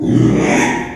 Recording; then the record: squeal of a Yucatan mini pig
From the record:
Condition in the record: after surgery on the right vocal fold (resection and tissue-engineered implant); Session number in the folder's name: 3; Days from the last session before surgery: 33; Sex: male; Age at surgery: 12 weeks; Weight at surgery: 13 kg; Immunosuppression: cyclosporine, prednisolone